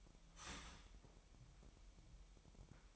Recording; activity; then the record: daily activity, microphone in the room; start toaster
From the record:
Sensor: 1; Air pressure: 1002.1 hPa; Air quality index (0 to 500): 241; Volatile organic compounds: 46 ppm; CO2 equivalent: 3236 ppm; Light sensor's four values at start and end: 10/34/12/14 and 10/34/12/14